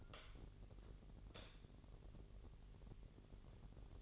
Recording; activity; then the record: daily activity, microphone in the room; light on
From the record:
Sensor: 4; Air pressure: 1012.7 hPa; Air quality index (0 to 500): 246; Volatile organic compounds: 4 ppm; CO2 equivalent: 1674 ppm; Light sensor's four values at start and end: 15/34/14/14 and 17/44/17/18